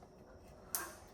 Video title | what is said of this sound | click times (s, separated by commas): Manual converting Vl commodore! | Click. Click. All deadly. All done. | 0.7 s